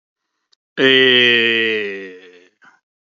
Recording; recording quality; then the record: sustained vowel as in made; excellent, no background noise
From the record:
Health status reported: healthy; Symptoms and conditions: diabetes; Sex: male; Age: 54 years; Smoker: not ticked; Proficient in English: yes